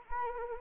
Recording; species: mosquito wingbeat signal from an infrared sensor; Anopheles arabiensis